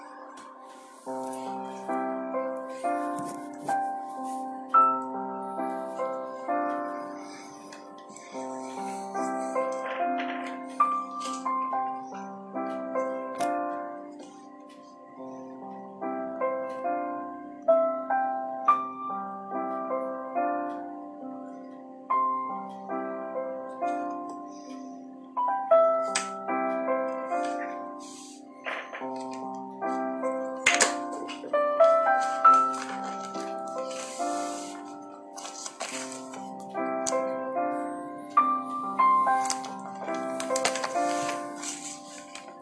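Soft piano plays a slow, steady melody over gently repeating chords, its phrases swelling and fading throughout. Brief crisp rustles and scratchy clicks, like pencil strokes or turning pages, appear every few seconds, most clearly near 11, 26 and 31 seconds.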